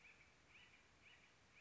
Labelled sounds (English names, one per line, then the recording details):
Acorn Woodpecker
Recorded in Sonoma County, California